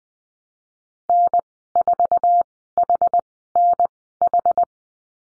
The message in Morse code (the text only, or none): N4HNH